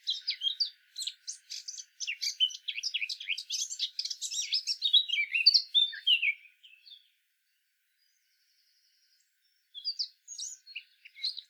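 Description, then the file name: Eurasian blackcap singing a long run of rapid, jumbled chattering and warbled notes that slide into clearer fluted whistles, followed by silence and a brief phrase. "Sylvia atricapilla"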